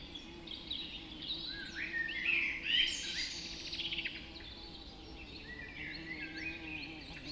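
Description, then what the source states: Birds in a bird, soft overlapping chirps peaking briefly in the middle, with a low steady hum underneath. Bird recorded just after dawn in the Forest of Dean.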